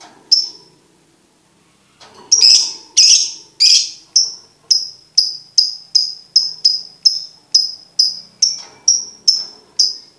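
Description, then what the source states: Lovebird song: an isolated note, a pause, a few loud harsh notes, then a long, steady series of sharp high notes. Master recording for birds to learn the ngekek song style.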